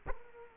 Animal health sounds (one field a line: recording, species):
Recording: mosquito wingbeat signal from an infrared sensor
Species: Culex quinquefasciatus